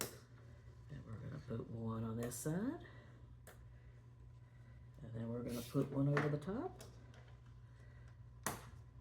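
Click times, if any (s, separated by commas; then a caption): 8.5 s. A plastic building brick is placed over the top of a cartridge holder build and pressed down onto the studs while someone talks. A sharp click at 8.5 s marks the brick seating.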